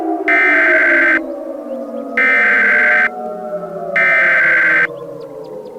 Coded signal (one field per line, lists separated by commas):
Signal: Emergency Alert System (SAME) tones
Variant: header bursts